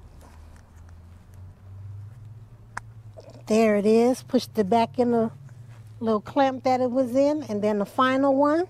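On a GoldWing 1800, the middle ignition coil boot is pushed onto its spark plug, and a single sharp click at 2.8 s confirms it has seated. Faint small ticks come before it, and someone talks afterward.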